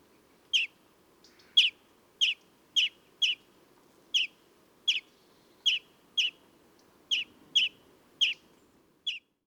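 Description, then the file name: European greenfinch giving short, sharp chipping calls, about thirteen notes at uneven intervals, sometimes in quick pairs, over a faint low background hum. "Chloris chloris"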